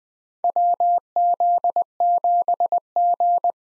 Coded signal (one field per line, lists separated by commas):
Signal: Morse code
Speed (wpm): 20 wpm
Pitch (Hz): 700 Hz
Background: none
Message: WZ7G